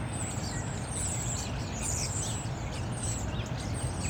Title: Porte de Ninove, Molenbeek-Saint-Jean, Bruxelles-Capitale, Belgique - Starlings in plane trees